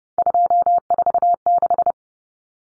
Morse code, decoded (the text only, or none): 246